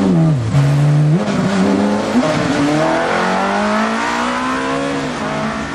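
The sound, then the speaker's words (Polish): The engine of a 250-horsepower car carrying three men revs loudly and steadily, its pitch dipping and climbing as it shifts and accelerates, a continuous throaty drone with no voices. “Trzej panowie jadą autem.”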